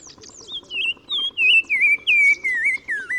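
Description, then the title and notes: Black-crowned tchagra giving a loud descending chain of looping whistled notes that ends low. Higher twittering from another bird opens the sequence. Recorded 15 March 2000 in spring at Oued Massa, Morocco, in gardens around Zaouit Massa village at the river mouth; bird singing in hedges and bushes; repeated phrase; Nagra Ares-BB with Telinga Pro6. "OISEAU TELEPHONE. 15 mars 2000-Oued Massa - Maroc. le Téléphone tchagra (Tchagra senegalus - Black-crowned Tchagra) qui se fait remarquer par sa phrase répétée du plus bel effet"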